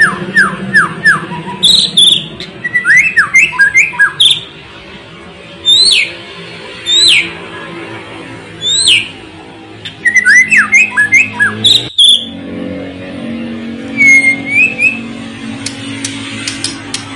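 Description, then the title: White-rumped shama delivering clusters of whistled and rasping notes separated by short pauses filled with single sharp high chips. Lure recording of a strongly singing (gacor) shama, intended to make other shamas respond and sing immediately. "PANCINGAN MEWAH MURAI BATU GACOR, SEKALI DENGAR AMPUH LANGSUNG RESPON"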